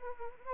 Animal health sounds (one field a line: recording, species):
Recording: mosquito wingbeat signal from an infrared sensor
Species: Anopheles arabiensis